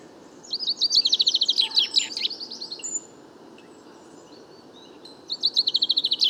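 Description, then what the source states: Common chaffinch singing two phrases of rapid repeated high notes, the first ending in a flourish, with faint notes between them. Bois de Vincennes, France, 16 February 2019; first song of the year; fine weather; song confused, weaker than typical, small babbles; courtship song towards nearby females; Nagra Seven, Wiltronic parabola, mono.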